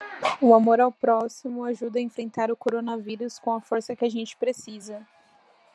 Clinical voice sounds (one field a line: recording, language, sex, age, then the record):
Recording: spoken sentence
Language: Brazilian Portuguese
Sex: female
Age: 20 to 29 years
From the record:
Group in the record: control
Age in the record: 24 years